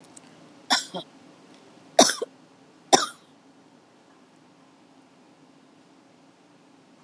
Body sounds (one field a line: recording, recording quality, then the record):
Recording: shallow voluntary cough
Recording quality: moderate, slight background noise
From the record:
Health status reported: COVID-19 positive, mild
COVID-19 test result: positive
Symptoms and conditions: cough, cold, fever, muscle pain, hypertension, diabetes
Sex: female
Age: 49 years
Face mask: not worn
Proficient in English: yes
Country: India